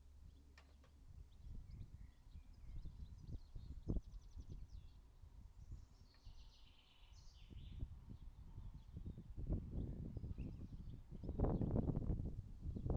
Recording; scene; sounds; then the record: everyday scene through a hearing-aid microphone; wind on the microphone; wind, birds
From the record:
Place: in front of a rural house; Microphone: in the ear canal, right